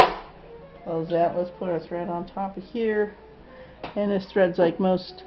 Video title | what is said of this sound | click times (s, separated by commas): deluxe 195 | in like this push it till it clicks close | 0.0 s